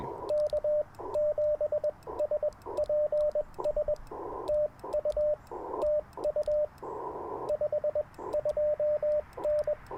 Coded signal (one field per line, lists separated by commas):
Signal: Morse code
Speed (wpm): 21 wpm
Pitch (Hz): 600 Hz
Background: radio noise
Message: K7SPS TU TU 52N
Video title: Morning Morse Code - 10/30/2024